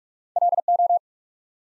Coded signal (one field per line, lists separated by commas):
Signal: Morse code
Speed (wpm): 44 wpm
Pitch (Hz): 700 Hz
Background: none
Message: LO